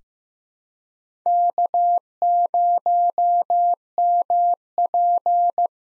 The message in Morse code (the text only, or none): K0MP